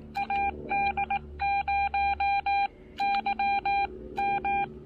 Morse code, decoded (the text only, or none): AD0YM